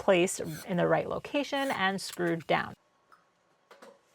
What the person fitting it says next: always the best feeling when the draw clicks into place